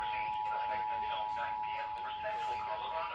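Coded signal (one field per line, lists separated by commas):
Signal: Emergency Alert System (SAME) tones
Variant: 853 and 960 Hz attention tone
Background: speech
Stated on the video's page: Tornado Warning alert from TV and from weather radio.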